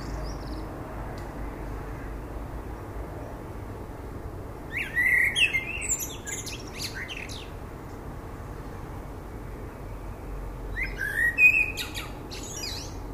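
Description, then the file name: Common blackbird singing two separated phrases, each a short low whistle followed by a burst of high squeaky twittering, with long quiet gaps of hiss between. "Turdus merula"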